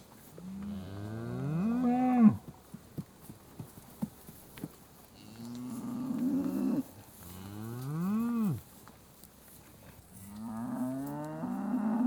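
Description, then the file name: South Devon cattle lowing, several drawn-out harmonic moos rising and falling, with soft rustling and thuds between calls. Suckling herd being fed in a field, recorded very close. "South Devon suckling herd being fed in field, very close perspective"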